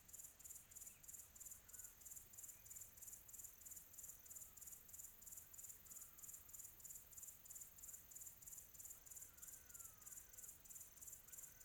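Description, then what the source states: Shrill cricket chirps repeating about three times a second, with faint, thin whistles scattered underneath. Quiet tropical atmosphere.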